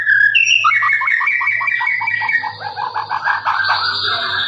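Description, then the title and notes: Lovebird trilling song: a fast run of repeated chattering notes over a steady low hum. Long trilling "ngekek" lovebird song, used as a master for training birds. "MASTERAN LOVEBIRD NGEKEK PANJANG. suara burung, master burung"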